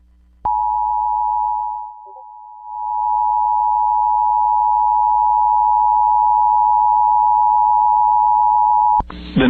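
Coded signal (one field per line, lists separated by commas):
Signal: Emergency Alert System (SAME) tones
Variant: 853 and 960 Hz attention tone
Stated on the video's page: Real EAS alerts for storms.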